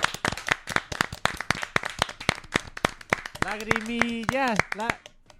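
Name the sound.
people clapping hands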